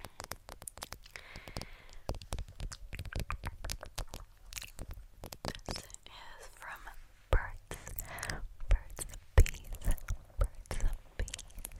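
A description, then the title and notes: Quiet mouth sounds of lip balm being applied: dense, irregular wet clicks, smacks and sticky pops crowd the whole clip. A few louder, sharper smacks stand out near 7, 9.5 and 10.5 seconds, with soft breathy swishes between them over a low, steady hush. ASMR Lip GlossBalm Application & Blowing Kisses For Sleep.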